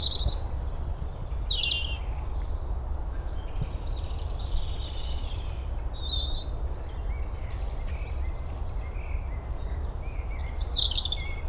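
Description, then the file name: European robin singing scattered high, delicate phrases of whistles and short trills separated by pauses, over a steady low rumbling noise. "Erithacus rubecula"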